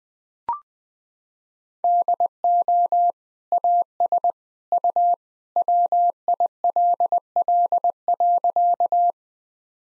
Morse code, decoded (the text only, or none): DO AS U WILL.